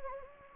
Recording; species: mosquito wingbeat signal from an infrared sensor; Anopheles gambiae